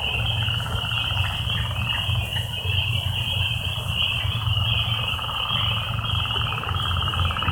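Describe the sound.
Frogs: pulsed, rattling trills in a dense chorus, with a steady high shrill band and a constant low hum.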